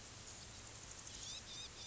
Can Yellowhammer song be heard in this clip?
no